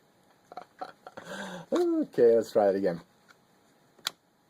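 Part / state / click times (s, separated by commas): knife blade into Kydex sheath / seated / 4.1 s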